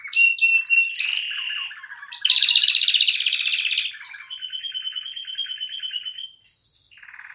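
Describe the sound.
Canary song: a rapid run of whistled notes, then buzzy trills and rolling repeated phrases at different pitches, with a high sweet trill near the end.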